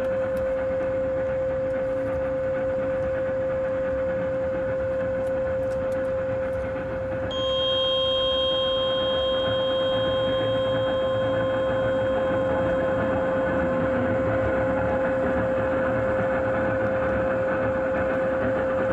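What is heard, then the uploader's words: Radio frequency interference on 1620 AM: a steady hiss and rumble with a strong, unbroken whine running through the whole recording. At about seven seconds, a set of higher pitched tones switches on and continues to the end, with a few faint clicks earlier. RF Radio Frequency Interference 1620AM.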